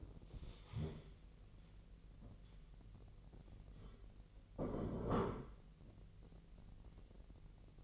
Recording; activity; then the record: daily activity, microphone in the room; stand up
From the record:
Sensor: 4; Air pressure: 1002.3 hPa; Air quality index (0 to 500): 248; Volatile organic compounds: 38 ppm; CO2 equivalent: 3117 ppm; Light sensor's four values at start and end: 11/25/10/10 and 11/24/10/10